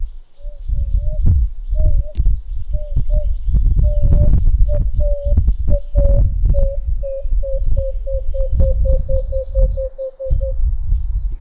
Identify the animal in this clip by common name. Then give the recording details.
Emerald-spotted Wood-Dove. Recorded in northern Uganda